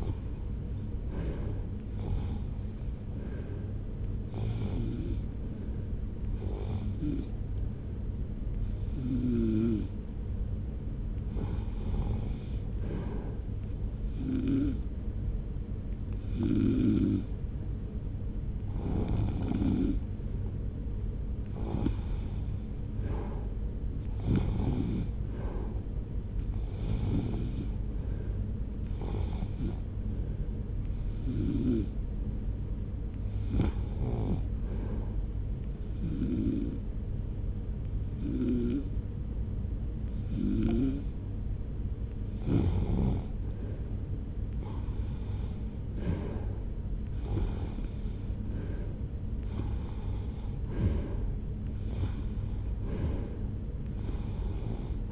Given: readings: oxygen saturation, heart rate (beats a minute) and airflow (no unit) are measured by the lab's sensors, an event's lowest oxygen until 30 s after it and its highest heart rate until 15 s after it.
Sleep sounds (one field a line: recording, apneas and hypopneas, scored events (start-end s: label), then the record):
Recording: breathing in sleep by a smartphone at the bedside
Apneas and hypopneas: 2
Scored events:
7.00-22.00 s: hypopnea (REM, oxygen 91% highest, then 88% lowest)
36.00-47.50 s: hypopnea (REM, oxygen 91% highest, then 86% lowest)
From the record:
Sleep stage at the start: REM sleep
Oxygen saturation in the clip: 87 to 91%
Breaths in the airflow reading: 25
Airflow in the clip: -0.9 to 2.1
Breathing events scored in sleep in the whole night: 335 in 6.7 hours asleep